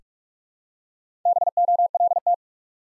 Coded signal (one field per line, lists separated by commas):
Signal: Morse code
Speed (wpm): 44 wpm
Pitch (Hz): 700 Hz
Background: none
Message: BOLT